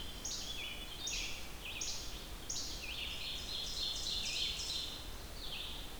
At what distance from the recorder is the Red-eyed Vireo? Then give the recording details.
about 70 m. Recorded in boreal forest in Alberta, Canada, on 28 June 2016 at 07:17. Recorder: SongMeter 3, array SBT-6-79. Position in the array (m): 122 m, 190 m